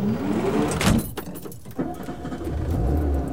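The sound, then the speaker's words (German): The door of a small bus, its windshield protected by an iron grille, slides shut with a rattling whoosh and a few metallic clicks, then a low, steady engine rumble starts up and continues. No one speaks. “Noch ehe wir einander begrüßen konnten, führte uns der Gelbgekleidete zu einem kleinen Bus, dessen Windschutzscheibe durch ein Eisengitter geschützt war.”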